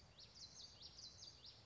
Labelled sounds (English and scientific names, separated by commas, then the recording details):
Common Yellowthroat (Geothlypis trichas)
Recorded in Sonoma County, California